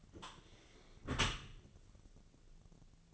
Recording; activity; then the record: daily activity, microphone in the room; close dishwasher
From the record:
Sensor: 4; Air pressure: 1001.3 hPa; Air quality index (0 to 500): 179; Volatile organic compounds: 2 ppm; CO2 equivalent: 1282 ppm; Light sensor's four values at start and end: 12/27/11/11 and 12/27/11/11